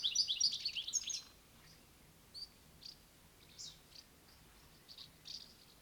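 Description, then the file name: European goldfinch song: a quick, liquid twittering phrase at the start, followed by a few soft, isolated high notes spaced irregularly. "Eestimaa Looduse Fond - Goldfinch"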